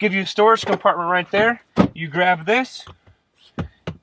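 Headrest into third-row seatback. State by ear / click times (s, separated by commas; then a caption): seated / 3.9 s. In a 2016 Mitsubishi Outlander, a headrest taken from a storage compartment is inserted into the third-row seatback guides and pushed down. Someone talks through most of the clip, then two short knocks follow at about 3.6 and 3.9 seconds. The headrest seats at 3.9 seconds.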